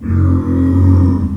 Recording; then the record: squeal of a Yucatan mini pig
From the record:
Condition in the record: after surgery on the right vocal fold (resection and tissue-engineered implant); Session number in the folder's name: 13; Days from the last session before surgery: 113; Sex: female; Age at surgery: 19 weeks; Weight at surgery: 25 kg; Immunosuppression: prednisolone